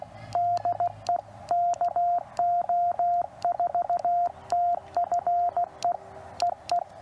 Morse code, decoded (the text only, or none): DE KO4TFE EE